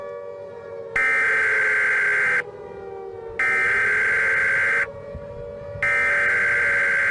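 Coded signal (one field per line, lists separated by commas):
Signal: Emergency Alert System (SAME) tones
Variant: header bursts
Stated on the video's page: Made-up EAS scenario alert about a Golden Gate Bridge collapse, remastered.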